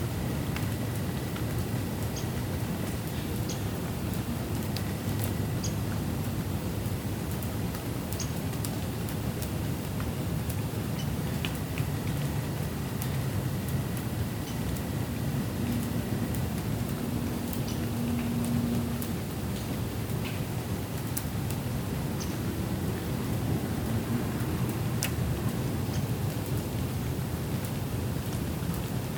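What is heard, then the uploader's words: An evening thunderstorm in the city of Grand Rapids, Michigan: a steady, dense wash of rain holds at an even level for the whole stretch, with a low rumble underneath. Faint tonal hums drift through the middle, and brief ticks and drips spatter across the top. An Evening Thunderstorm in the City. The sounds of a thunderstorm in the city wash away the rest of the evening noise in Grand Rapids, Michigan.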